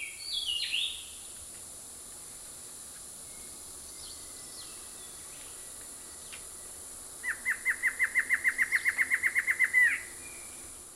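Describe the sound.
Black-hooded antshrike: a few scattered chirps, then a quick series of repeated notes lasting a few seconds and closing with a rising note, over a steady high hiss.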